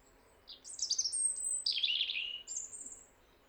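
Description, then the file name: European robin song: one phrase of thin, high whistles sliding into a quick, scratchy, descending twitter, ending on a high note. "Erithacus rubecula"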